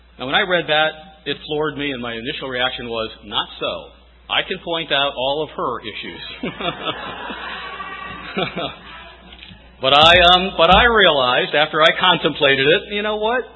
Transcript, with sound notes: Now when I read that it floored me, and my initial reaction was, not so. I can point out all of her issues. (Laughter) But I realized – after I contemplated it – “You know what?